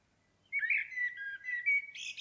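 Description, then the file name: Common blackbird singing one long, mellow, warbled phrase that wavers in pitch and ends in a thin, high, scratchy twitter. "Turdus merula"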